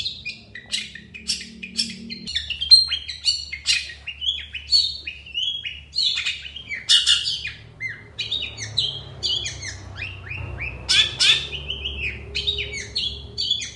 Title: Cendet Gacor Dor Di Kala Pagi Toet Toet Variasi Suara